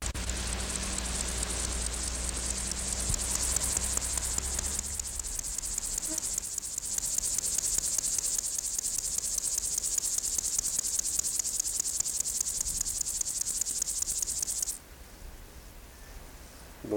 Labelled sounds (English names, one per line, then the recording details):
Upland Field Grasshopper stridulation
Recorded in the wild
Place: Blankenfelde, Tegeler Fließ, Berlin, DE
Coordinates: 52.625, 13.404
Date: 1992-08-16 11:30
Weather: sonnig - wolkig, 17-22°C
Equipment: Marantz CP 430, Sennheiser ME 80, Kopie Tesla B 116
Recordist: Tembrock, Günter